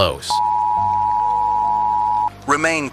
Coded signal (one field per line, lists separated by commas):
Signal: Emergency Alert System (SAME) tones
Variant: 853 and 960 Hz attention tone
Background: speech, music